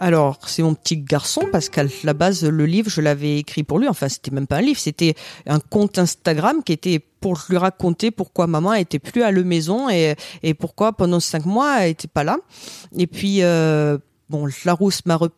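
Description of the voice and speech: A woman in her thirties speaks French in slow, flat-pitched phrases. Prolonged vowels and pauses break up her phrases mid-sentence, with some effortful articulation. This fits post-stroke aphasia with apraxia of speech, which makes her speak with a stutter, and dysarthria, producing halting speech and a pseudo-accent that makes her sound English.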